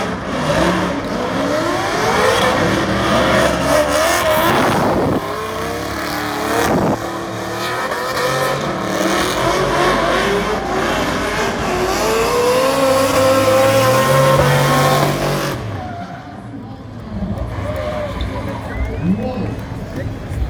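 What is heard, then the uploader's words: Cars at a drift exhibition roar, engines revving up and down in sweeping pitch while loud, hissing tire noise fills the sound, broken by brief cuts near 5 and 7 seconds. At about 15 seconds the hiss drops away, leaving a duller engine rumble. TWB 2023 drift exhibition 02.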